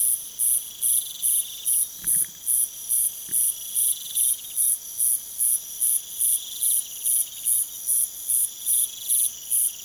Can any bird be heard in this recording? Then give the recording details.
no. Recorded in pastures near Puerto Asís, Putumayo, Colombia, on 22 June 2025 at 00:30. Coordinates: 0.486, -76.323. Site H29